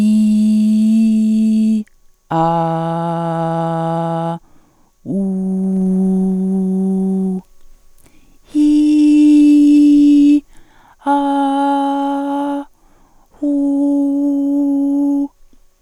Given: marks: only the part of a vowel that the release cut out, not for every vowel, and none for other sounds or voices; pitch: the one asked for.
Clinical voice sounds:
sustained vowels; female; 50 to 59 years; 1; 1; 0
0.00-1.66 s: vowel /i/, normal pitch
2.44-4.21 s: vowel /a/, normal pitch
5.26-7.25 s: vowel /u/, normal pitch
8.71-10.26 s: vowel /i/, high pitch
11.24-12.45 s: vowel /a/, high pitch
13.62-15.05 s: vowel /u/, high pitch
From the record:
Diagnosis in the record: hyperfunctional dysphonia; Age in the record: 50 years

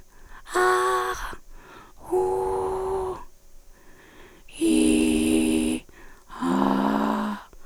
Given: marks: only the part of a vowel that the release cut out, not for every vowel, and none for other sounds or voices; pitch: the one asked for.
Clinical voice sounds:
sustained vowels; female; 40 to 49 years; 3; 2; 3
0.58-1.13 s: vowel /a/, high pitch
2.22-3.11 s: vowel /u/, high pitch
4.72-5.72 s: vowel /i/, low pitch
6.49-7.28 s: vowel /a/, low pitch
From the record:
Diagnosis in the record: recurrent laryngeal nerve paralysis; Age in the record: 45 years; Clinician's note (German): Inkomplett kompensiert

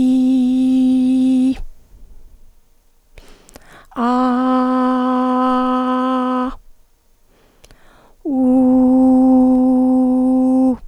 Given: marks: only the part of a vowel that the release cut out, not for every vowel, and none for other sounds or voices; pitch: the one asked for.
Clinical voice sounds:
sustained vowels; female; 50 to 59 years; 1; 0; 1
0.00-1.45 s: vowel /i/, normal pitch
4.26-5.43 s: vowel /a/, normal pitch
8.69-10.62 s: vowel /u/, normal pitch
From the record:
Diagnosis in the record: hyperfunctional dysphonia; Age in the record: 56 years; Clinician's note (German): Ponogen

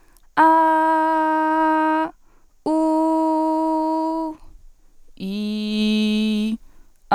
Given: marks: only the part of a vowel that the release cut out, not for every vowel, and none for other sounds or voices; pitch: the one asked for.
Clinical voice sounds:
sustained vowels; female; 20 to 29 years; 0; 0; 0
0.45-2.00 s: vowel /a/, high pitch
2.71-4.24 s: vowel /u/, high pitch
5.27-6.46 s: vowel /i/, low pitch
From the record:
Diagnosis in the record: healthy voice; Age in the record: 21 years

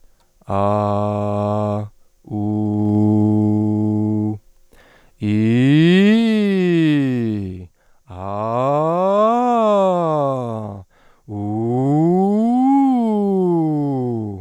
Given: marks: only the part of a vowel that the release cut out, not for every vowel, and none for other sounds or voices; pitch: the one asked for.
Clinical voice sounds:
sustained vowels; male; 30 to 39 years; 0; 0; 0
0.58-1.71 s: vowel /a/, low pitch
2.59-4.18 s: vowel /u/, low pitch
5.39-7.22 s: vowel /i/, low-high-low pitch
8.47-10.45 s: vowel /a/, low-high-low pitch
11.82-13.77 s: vowel /u/, low-high-low pitch
From the record:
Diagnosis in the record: hyperfunctional dysphonia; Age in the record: 32 years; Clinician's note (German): Bei ausgebildeter Gesangsstimme

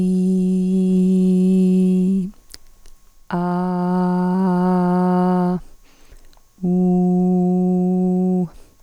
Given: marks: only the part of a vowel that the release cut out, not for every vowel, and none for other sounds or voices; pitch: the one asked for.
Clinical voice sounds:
sustained vowels; female; 50 to 59 years; 2; 0; 2
0.00-1.98 s: vowel /i/, normal pitch
4.47-5.48 s: vowel /a/, normal pitch
6.72-8.35 s: vowel /u/, normal pitch
From the record:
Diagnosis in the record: dysphonia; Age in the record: 51 years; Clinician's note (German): Ponogen und phonasthetisch

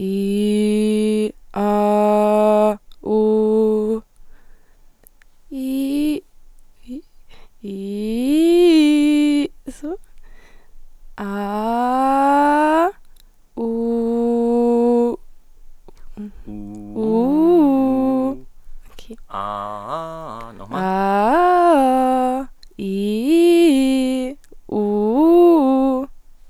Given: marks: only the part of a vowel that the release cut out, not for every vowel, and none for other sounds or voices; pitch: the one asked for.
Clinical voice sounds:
sustained vowels; female; 20 to 29 years; 0; 0; 0
0.32-1.11 s: vowel /i/, low pitch
1.68-2.29 s: vowel /a/, low pitch
3.26-3.87 s: vowel /u/, low pitch
20.87-22.26 s: vowel /a/, low-high-low pitch
22.93-24.14 s: vowel /i/, low-high-low pitch
24.80-25.91 s: vowel /u/, low-high-low pitch
From the record:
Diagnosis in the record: healthy voice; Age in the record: 20 years

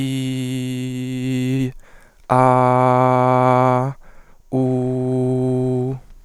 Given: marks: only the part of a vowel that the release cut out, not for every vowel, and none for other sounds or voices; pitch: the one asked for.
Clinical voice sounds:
sustained vowels; male; 20 to 29 years; 0; 0; 0
0.00-1.59 s: vowel /i/, normal pitch
2.40-3.79 s: vowel /a/, normal pitch
4.57-5.87 s: vowel /u/, normal pitch
From the record:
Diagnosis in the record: healthy voice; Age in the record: 22 years

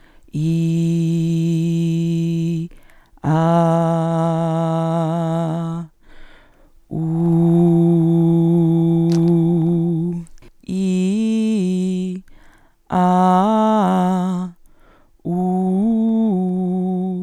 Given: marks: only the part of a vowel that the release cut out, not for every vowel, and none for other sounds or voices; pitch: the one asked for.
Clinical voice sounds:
sustained vowels; female; 30 to 39 years; 0; 0; 0
0.53-2.45 s: vowel /i/, low pitch
3.68-5.51 s: vowel /a/, low pitch
7.44-8.99 s: vowel /u/, low pitch
10.83-11.98 s: vowel /i/, low-high-low pitch
13.03-14.23 s: vowel /a/, low-high-low pitch
15.42-17.00 s: vowel /u/, low-high-low pitch
From the record:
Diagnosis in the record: dysphonia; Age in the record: 34 years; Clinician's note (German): Kontrolle, kein stroboskopisch pathologischer Befund

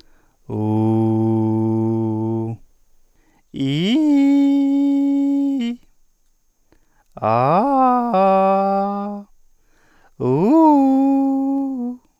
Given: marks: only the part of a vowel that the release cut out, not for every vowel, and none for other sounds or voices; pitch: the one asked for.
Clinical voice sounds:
sustained vowels; male; 30 to 39 years; 0; 0; 0
0.60-2.44 s: vowel /u/, low pitch
3.64-5.68 s: vowel /i/, low-high-low pitch
7.27-9.02 s: vowel /a/, low-high-low pitch
10.26-11.62 s: vowel /u/, low-high-low pitch
From the record:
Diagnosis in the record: dysarthrophonia, central laryngeal movement disorder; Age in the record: 38 years

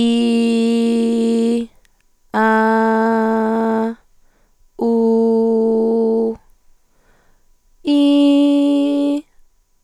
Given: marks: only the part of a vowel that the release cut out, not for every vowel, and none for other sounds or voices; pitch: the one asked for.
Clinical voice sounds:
sustained vowels; female; 20 to 29 years; 1; 1; 0
0.00-1.55 s: vowel /i/, normal pitch
2.40-3.83 s: vowel /a/, normal pitch
4.86-6.25 s: vowel /u/, normal pitch
7.91-9.14 s: vowel /i/, high pitch
From the record:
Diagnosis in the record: functional dysphonia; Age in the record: 20 years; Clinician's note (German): Bei angegebenem Stimmberuf

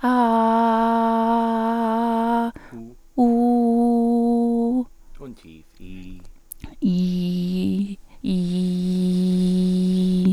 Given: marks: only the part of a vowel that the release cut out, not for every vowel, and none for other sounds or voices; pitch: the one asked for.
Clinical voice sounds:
sustained vowels; female; 30 to 39 years; 2; 1; 2
0.37-2.20 s: vowel /a/, high pitch
3.39-4.65 s: vowel /u/, high pitch
8.57-9.96 s: vowel /i/, low pitch
From the record:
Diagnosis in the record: hyperfunctional dysphonia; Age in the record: 33 years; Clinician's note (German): Leichte Form bei Stimmberuf

